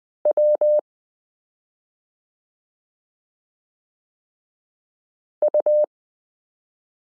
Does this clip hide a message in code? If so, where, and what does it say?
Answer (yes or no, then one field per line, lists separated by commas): yes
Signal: Morse code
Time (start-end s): 0.3-5.8 s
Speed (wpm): 20 wpm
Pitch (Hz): 600 Hz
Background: none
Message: W U